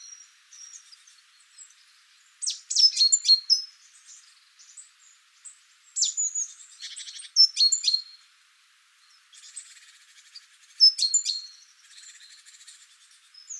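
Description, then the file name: Great tit calls: bursts of clipped, high chirps and short sharp notes in several clusters, with thin twittering between them. "Parus major"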